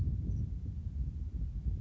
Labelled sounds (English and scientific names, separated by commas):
Grasshopper Sparrow (Ammodramus savannarum)